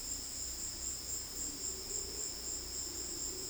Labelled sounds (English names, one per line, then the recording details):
none
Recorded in dense forest near Puerto Asís, Putumayo, Colombia, on 19 February 2024 at 16:00
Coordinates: 0.481, -76.318
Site G6421